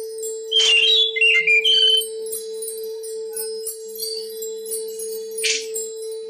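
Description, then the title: Oriental magpie-robin song: a quick phrase of bright whistled and slurred notes, then a brief buzzy note, over a steady low electrical hum. Chirping song. "Kicau Kacer Durasi Panjang 1jam Lebih"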